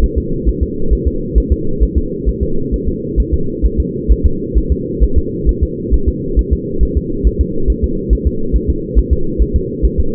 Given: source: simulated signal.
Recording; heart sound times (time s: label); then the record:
fetal heart sounds
0.04 s: S1
0.18 s: S2
0.49 s: S1
0.63 s: S2
0.93 s: S1
1.07 s: S2
1.38 s: S1
1.52 s: S2
1.83 s: S1
1.98 s: S2
2.29 s: S1
2.43 s: S2
2.74 s: S1
2.88 s: S2
3.20 s: S1
3.34 s: S2
3.66 s: S1
3.80 s: S2
4.12 s: S1
4.26 s: S2
4.58 s: S1
4.72 s: S2
5.04 s: S1
5.18 s: S2
5.49 s: S1
5.63 s: S2
5.94 s: S1
6.08 s: S2
6.39 s: S1
6.53 s: S2
6.83 s: S1
6.97 s: S2
7.27 s: S1
7.41 s: S2
7.70 s: S1
7.84 s: S2
8.13 s: S1
8.27 s: S2
8.56 s: S1
8.70 s: S2
8.98 s: S1
9.13 s: S2
9.42 s: S1
9.56 s: S2
9.85 s: S1
10.00 s: S2
From the record:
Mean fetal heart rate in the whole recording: 135 bpm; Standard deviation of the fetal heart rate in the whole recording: 3 bpm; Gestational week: 34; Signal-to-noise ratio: -8.1 dB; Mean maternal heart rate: 72 bpm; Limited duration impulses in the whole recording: absent